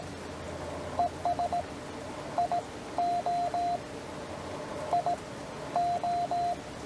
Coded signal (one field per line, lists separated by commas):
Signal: Morse code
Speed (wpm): 19 wpm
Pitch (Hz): 690 Hz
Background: radio noise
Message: ES IOIO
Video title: CW POTA Callsign copy practice with subtitles